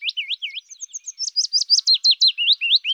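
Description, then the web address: Willow warbler song: a fast string of high, sweet slurred notes, climbing slightly and then easing down, with nothing else heard. "Phylloscoupus trochilus"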